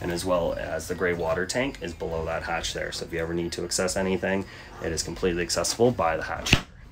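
A floor hatch in the cockpit of a 2017 Jeanneau NC 9 boat, covering storage, the electrical hookups and the gray water tank, is handled while someone talks. There is a sharp knock near 6.5 s as the hatch closes toward its frame, but it has not locked into place yet.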